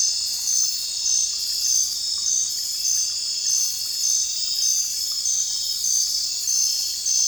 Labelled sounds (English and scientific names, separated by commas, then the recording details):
none
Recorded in dense forest near Puerto Asís, Putumayo, Colombia, on 21 December 2024 at 21:00
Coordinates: 0.467, -76.328
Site GP05